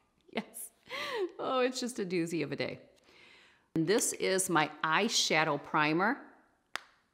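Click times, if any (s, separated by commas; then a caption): 6.8 s. Someone talks, then the lid of a small eye shadow primer cosmetic container is snapped shut onto its base with one sharp, tap-like click at 6.8 s. The lid closes fully, though the click is underwhelming rather than crisp.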